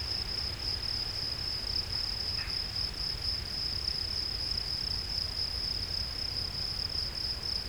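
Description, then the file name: Field cricket song, an unbroken high-pitched trill held at an even level, with a low hum beneath. "Gryllus campestris"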